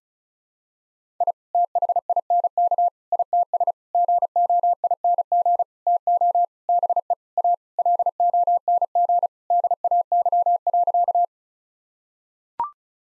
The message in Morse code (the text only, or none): I THINK ITS GOING TO BE A LONG DAY.